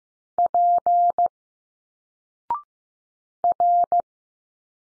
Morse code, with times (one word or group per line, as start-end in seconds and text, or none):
0.4-1.3 P
3.4-4.0 R